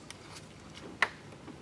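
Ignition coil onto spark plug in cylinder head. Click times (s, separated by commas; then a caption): 1.0 s. An ignition coil on a 2007–2011 BMW 328i 3.0L is pressed down into the spark plug well onto the spark plug in the cylinder head. After a faint tick at 0.1 s and a soft tap near 0.8 s, a sharp click sounds at 1.0 s. The coil is pushed fully down and seated.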